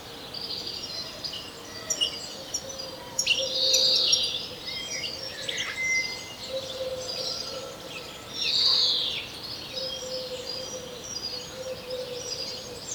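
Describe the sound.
European greenfinch giving two drawn-out buzzy wheezes about five seconds apart, over a busy chorus of high chirping birds and a low steady hum.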